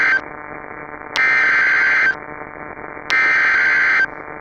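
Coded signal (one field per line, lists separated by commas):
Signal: Emergency Alert System (SAME) tones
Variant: header bursts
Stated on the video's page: Fictional EAS scenario depicting a disaster.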